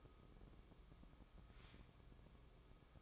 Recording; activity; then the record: daily activity, microphone in the room; take from stove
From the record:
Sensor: 1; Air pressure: 1008.1 hPa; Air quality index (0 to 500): 134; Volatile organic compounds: 2 ppm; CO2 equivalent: 1125 ppm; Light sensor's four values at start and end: 8/19/8/8 and 8/19/8/8